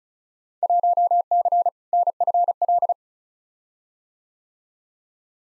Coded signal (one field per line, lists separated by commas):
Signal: Morse code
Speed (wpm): 36 wpm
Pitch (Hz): 700 Hz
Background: none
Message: 1C NFL